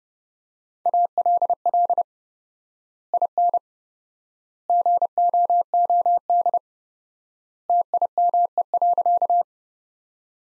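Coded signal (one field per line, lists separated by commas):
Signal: Morse code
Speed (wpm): 30 wpm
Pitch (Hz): 700 Hz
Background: none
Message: ALL IN GOOD TIME.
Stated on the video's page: Morse practice of sentences from the top 200 words at 30 WPM with 4x standard word spacing, a Farnsworth-like method.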